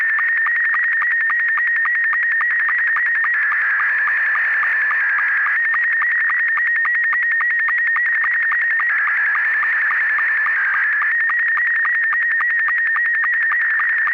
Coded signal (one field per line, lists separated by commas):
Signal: SSTV (slow-scan television)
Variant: Scottie 2